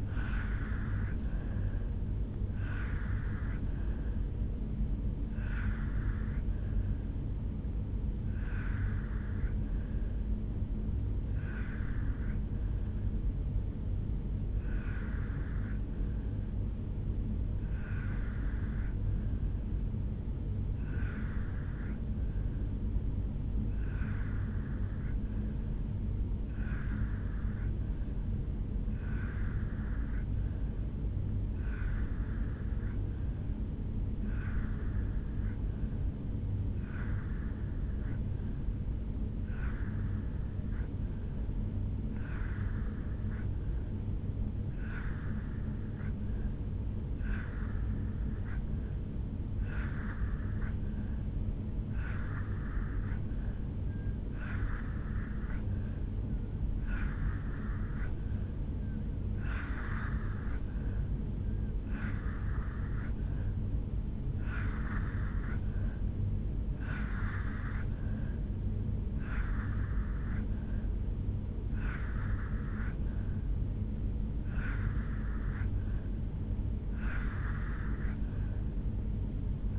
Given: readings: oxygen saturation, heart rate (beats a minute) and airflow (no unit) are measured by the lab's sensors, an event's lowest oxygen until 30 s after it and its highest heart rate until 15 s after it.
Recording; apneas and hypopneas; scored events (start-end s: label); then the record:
breathing in sleep by a smartphone at the bedside; 1
9.00-72.30 s: hypopnea (N2, oxygen 95% highest, then 85% lowest, heart rate 64 at the start, 75 highest)
From the record:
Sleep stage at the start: N2 (light sleep); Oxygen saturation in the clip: 83 to 95%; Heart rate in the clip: 58 to 77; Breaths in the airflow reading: 25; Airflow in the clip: -1.1 to 3.3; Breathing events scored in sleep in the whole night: 449 in 7.0 hours asleep